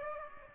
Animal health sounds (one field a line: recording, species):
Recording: mosquito wingbeat signal from an infrared sensor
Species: Aedes aegypti